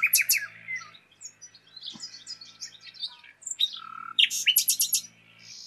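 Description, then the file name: Common nightingale song opening with rattling notes, then a string of varied chirps over a faint low hum, a short pure whistle, and a quick run of repeated notes. "Luscinia megarhynchos"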